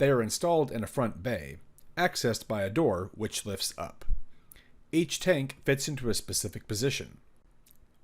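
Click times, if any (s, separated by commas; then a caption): 7.7 s. A plastic ink cartridge is pushed into its slot in the front ink bay of an Epson SureColor P900 inkjet printer while someone talks. A few faint taps follow the speech, and the cartridge clicks into place at 7.7 s, seated.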